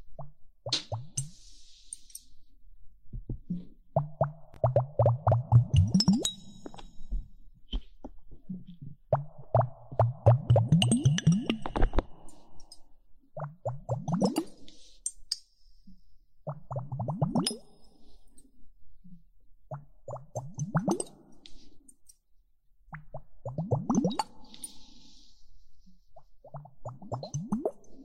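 Water droplets fall in uneven clusters of low, hollow plops with bending pitch, broken by bright ticks and brief quiet gaps.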